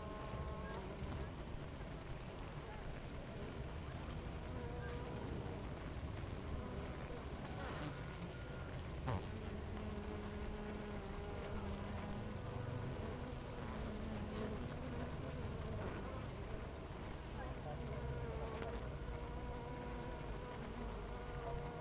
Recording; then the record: honeybee colony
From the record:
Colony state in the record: active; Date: 28 July 2017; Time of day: 7:45